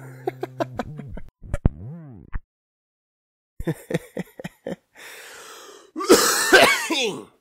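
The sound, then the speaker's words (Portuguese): A smoker's chronic cough: a string of harsh, raspy coughs and throat-clearing bursts, broken by short pauses, ending in a loud, rough, phlegmy coughing fit. No speech, just the strained hacking. “Olha, eu voltei a fumar e a minha tosse voltou, a minha tosse crônica que não passa nunca, que é só dar uma risadinha que ela aparece, voltou.”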